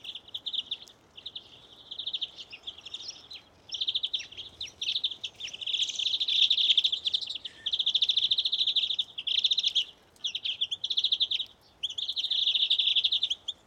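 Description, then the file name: European greenfinch repeating buzzy trilled phrases of one to two seconds with short gaps. "Chloris chloris"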